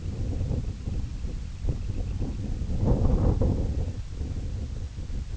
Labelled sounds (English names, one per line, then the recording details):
Semipalmated Sandpiper
unidentified sound
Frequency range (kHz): Semipalmated Sandpiper 2.0-3.5 kHz
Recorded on Arctic tundra, site IGLO-A, on 21 June 2018
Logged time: 15:59